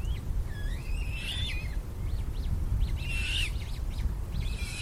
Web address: linnut nokikana nuoret